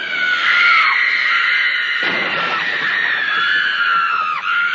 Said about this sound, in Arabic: هذا أبو استيقظ من نومه فزعا خائفا على صراخ في بيته، فمن كان الصارخ المستغيث؟ لقد كانت بنيته الصغيرة.